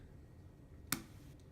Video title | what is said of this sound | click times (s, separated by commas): Loading and Priming Tubing for CADD Solis Pump | you will hear and feel an audible click when the cassette goes into proper placement | 0.9 s